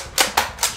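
A plastic dart drum is slid into the side of a toy foam-dart shotgun until it clicks into place. Sharp, bright plastic clicks ring out at 0.4 s and 0.6 s, and the drum is seated in the blaster.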